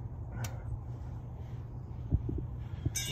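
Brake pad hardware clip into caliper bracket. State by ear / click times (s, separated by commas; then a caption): not seated / none. A new metal abutment clip (brake hardware bracket) is being press-fit by hand into the caliper bracket during a brake pad change on a Chevy Tahoe, but the back of the clip will not snap on. Over a low steady hum there is a sharp brief tick near the start and a few faint light taps later, and nothing has clicked or seated yet.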